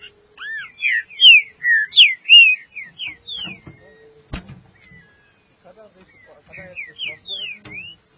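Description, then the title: Green-winged saltator delivering a fast phrase of loud, slurred whistles, a pause with a sharp click, then a shorter burst of whistled notes. "Trinca Ferro"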